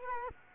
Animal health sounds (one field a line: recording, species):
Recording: mosquito wingbeat signal from an infrared sensor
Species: Culex quinquefasciatus